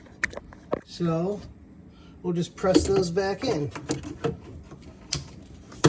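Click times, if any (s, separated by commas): 5.1 s, 5.8 s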